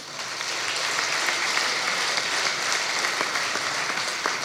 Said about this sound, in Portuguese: Uma salva de palmas para Rui Sinel de Cordes, diretamente de Londres.